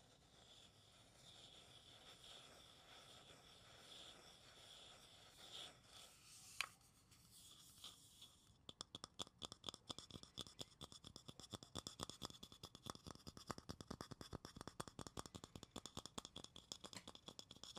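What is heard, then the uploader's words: ASMR scratching and tapping with no talking. The first half is a soft, steady scraping hiss with a sharp click near six seconds, then from about eight seconds rapid, dense tapping takes over, quick irregular strikes continuing to the end. ASMR tapping and scratching (no talking) wood cork cardboard.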